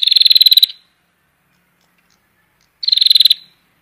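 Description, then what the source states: Prinia call: a short, rapid, buzzy rattle, a pause of about two seconds, then a second matching rattle. Prinia call used to lure birds.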